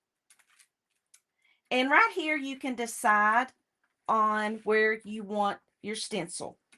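A craft stencil is handled over a positioning board for paper crafting while someone talks, with a few faint short ticks near the start and one at the very end. Nothing has seated or clicked yet; the stencil has not snapped into the board.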